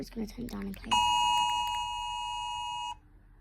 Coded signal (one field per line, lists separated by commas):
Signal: Emergency Alert System (SAME) tones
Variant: 853 and 960 Hz attention tone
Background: speech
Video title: UK government emergency alert system ￼